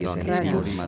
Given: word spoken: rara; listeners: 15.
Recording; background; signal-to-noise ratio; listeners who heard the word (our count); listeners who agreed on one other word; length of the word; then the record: one Spanish word in noise, from a listening test; four-talker babble; -2.5 dB; 2 of 15; 6 of 15; 0.47 s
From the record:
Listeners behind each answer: 6, 2, 1, 1, 1, 1, 1, 1, 1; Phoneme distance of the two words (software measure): 17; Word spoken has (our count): 2 syllables, 4 phonemes, stress on syllable 1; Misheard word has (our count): 2 syllables, 5 phonemes, stress on syllable 1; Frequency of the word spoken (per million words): 21.94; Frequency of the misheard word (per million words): 6.11